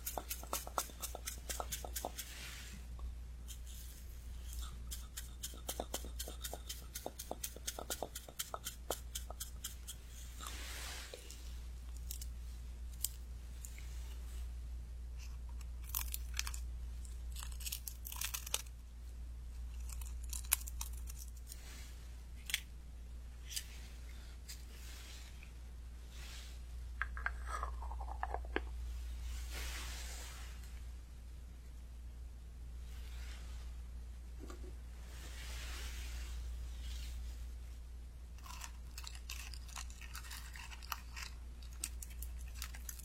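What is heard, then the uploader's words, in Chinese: Quiet preparation of traditional Chinese medicine: crisp snips, rustles and taps of dried herbs being handled and measured, with brief dense bursts of crackling every few seconds. A steady low hum sits underneath. 中医配药、捣药触发音。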